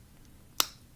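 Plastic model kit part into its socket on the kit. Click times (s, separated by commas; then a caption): 0.6 s. A plastic part of an HG Arios Gundam GNHW/M model kit is pressed into its mating socket on the kit. After a faint tick at 0.3 s, one sharp, loud, bright snap rings out at 0.6 s and quickly decays into quiet. The part snaps into place and is seated.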